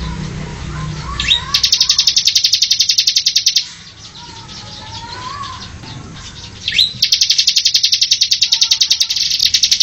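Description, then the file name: Bar-winged prinia: a steady, fast, buzzy trill lasting about two seconds, a pause with background noise, then a swooping note leading into a second long trill. Song given in the ngebren style. "audio burung ciblek ngebren"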